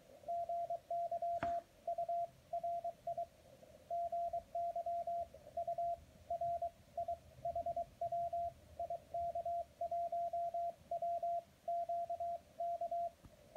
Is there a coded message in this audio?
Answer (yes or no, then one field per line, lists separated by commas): yes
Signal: Morse code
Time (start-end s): 0.3-13.1 s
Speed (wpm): 24 wpm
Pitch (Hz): 690 Hz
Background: radio noise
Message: GYURI GYURI HW IK1WQK